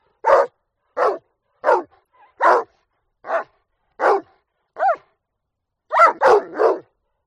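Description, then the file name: Dog barks repeatedly about once a second, then a whiny yelp and a closing burst of three rapid barks. "audio hero Dog"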